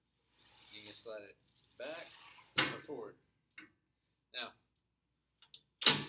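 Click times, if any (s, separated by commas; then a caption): 5.9 s. A weight machine's adjustable seat is slid along its metal rail, then the red adjustment grip is released so the spring lock pin drops into a hole in the rail. Someone talks, then a few small taps are heard before a sharp metallic click at 5.9 s as the seat locks into place.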